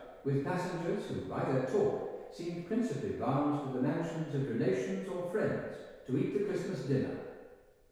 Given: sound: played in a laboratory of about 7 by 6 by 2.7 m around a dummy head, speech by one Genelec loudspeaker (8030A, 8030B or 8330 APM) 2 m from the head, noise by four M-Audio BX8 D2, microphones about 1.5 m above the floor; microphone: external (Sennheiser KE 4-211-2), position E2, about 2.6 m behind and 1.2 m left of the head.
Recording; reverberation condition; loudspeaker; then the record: male speech in English; high; 90 degrees to the left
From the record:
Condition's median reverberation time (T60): about 1300 ms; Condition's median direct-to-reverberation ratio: about -4.0 dB